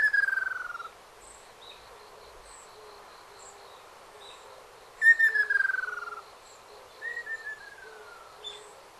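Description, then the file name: Ruddy kingfisher calls: a rapid trilled phrase sliding downward in pitch, given three times with pauses of several seconds, with faint chirps and soft insect-like ticking around. Ryukyu race of ruddy kingfisher (ryuukyuuakashoubin); recorded on Okinawa, Japan, 9 April 2005. "ryuukyuuakashoubin 050409 okinawa kaji"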